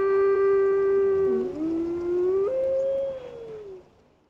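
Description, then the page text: Grey wolf howling: one long, pure, steady tone that dips slightly, then rises to a higher held note before sliding down and fading out. "Vlk dravý (Canis lupus)"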